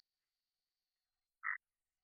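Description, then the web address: Red-eyed tree frog giving a single short, dry chuck-like note, mid-pitched and abrupt, against near silence. Call labelled type 2. "phyllomedusidae Agalychnis-callidryas Tipo-2"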